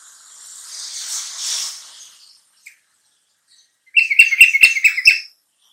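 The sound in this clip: Bulbul song: a soft hissing, breathy passage, a pause, then a loud burst of rapid, scratchy chirps lasting about a second and a half.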